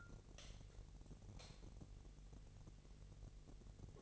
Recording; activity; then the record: daily activity, microphone in the room; light on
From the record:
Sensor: 4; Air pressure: 1012.7 hPa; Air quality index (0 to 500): 248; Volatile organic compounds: 4 ppm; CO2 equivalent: 1652 ppm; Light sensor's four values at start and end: 14/32/13/13 and 16/41/16/17